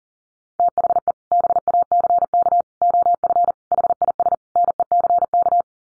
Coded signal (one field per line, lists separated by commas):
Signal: Morse code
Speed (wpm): 40 wpm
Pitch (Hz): 700 Hz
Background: none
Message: THE BACK OF HIS NECK